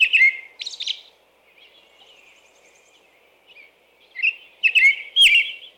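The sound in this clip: American robin song: a few caroling whistled phrases at the start, a quiet pause with soft notes, then louder phrases resume near the end.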